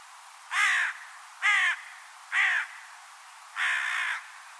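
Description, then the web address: Bird calling with four hoarse caws at roughly one-second intervals, the last drawn out longer, against a low constant hiss. "Deverinetal 2025 File origin Bird Only"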